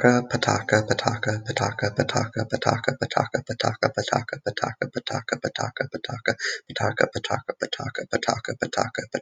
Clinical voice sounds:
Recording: repeated syllables /pa ta ka/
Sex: male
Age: 20 to 29 years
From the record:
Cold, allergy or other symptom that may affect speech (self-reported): no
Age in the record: 26 years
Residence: Maryland, United States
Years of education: 19

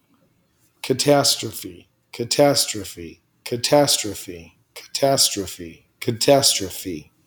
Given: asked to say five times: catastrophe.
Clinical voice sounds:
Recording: repeated word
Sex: male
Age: 30 to 39 years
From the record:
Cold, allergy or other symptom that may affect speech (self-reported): no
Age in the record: 32 years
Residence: California, United States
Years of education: 16

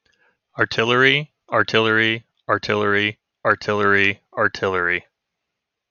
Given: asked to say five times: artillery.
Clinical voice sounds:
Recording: repeated word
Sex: male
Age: 30 to 39 years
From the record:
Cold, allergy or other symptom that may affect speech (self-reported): no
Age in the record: 36 years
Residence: Kansas, United States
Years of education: 12

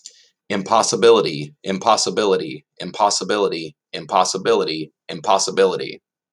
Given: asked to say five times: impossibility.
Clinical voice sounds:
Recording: repeated word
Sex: male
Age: 30 to 39 years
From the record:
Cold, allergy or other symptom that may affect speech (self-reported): no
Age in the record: 36 years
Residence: Missouri, United States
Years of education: 14

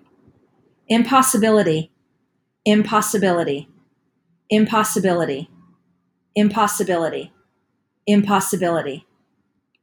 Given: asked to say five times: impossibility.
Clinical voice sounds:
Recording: repeated word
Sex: female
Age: 50 to 59 years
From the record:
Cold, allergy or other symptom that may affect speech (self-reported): no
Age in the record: 51 years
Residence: Florida, United States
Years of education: 12

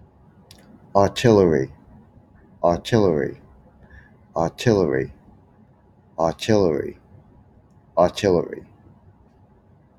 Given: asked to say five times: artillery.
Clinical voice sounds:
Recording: repeated word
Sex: male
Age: 50 to 59 years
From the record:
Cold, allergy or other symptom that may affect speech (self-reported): no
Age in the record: 54 years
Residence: New York, United States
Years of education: 18

